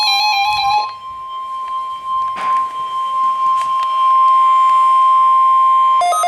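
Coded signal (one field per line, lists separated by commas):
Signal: Emergency Alert System (SAME) tones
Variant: 1050 Hz attention tone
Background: music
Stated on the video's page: Required weekly test of the Emergency Alert System.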